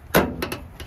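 A plastic rear tail lamp housing from a 2016-2022 Chevrolet Colorado is lined up with the stamped opening in the truck bed sheet metal and pushed in. It gives a sharp, loud snap at 0.2 s, followed by softer clicks near 0.4, 0.5 and 0.8 s. The tail lamp assembly pops into place and is seated.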